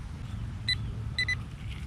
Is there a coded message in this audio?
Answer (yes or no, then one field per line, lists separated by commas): no